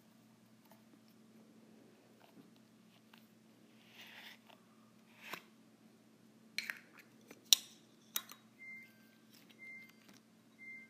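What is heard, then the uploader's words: A tin container's lid is handled, with scattered metallic clicks and scrapes, soft at first and growing busier between about 6 and 9 seconds with several sharp taps. A low steady hum runs throughout, and short bright beeps repeat near the end. ASMR Lid of a Tin Container.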